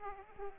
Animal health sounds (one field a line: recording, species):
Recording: mosquito wingbeat signal from an infrared sensor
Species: Aedes aegypti